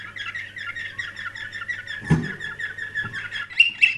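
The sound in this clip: Canary song, a continuous warbling run of chirps and trills ending with two bright notes, with a soft thump midway and a steady low hum throughout.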